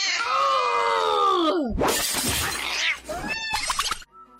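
A long, drawn-out meow slides downward in pitch, then a loud shattering crash bursts in, followed by a few shorter, higher yowls and a faint tone at the end.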